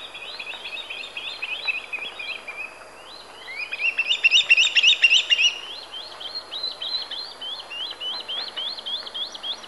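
Swallow-tailed kite with quick, repeated, high whistled notes and a louder overlapping chattering flurry in the middle, suggesting more than one bird calling.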